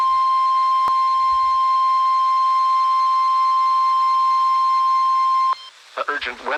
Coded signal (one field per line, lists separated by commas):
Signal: Emergency Alert System (SAME) tones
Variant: 1050 Hz attention tone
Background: speech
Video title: TOR on WNG698 (EAS #213)